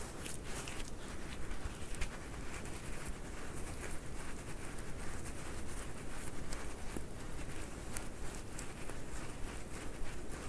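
Squishy stress balls are squeezed in a steady, dense stream of soft squelching and rustling, with no real pauses. Small sharp clicks and crackles pop out every second or so over a constant low rumble, and the loudness stays even throughout.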